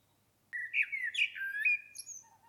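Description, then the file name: Common blackbird delivering one short warbled phrase of sliding whistles with thin, high squeaks woven through it. "Turdus merula"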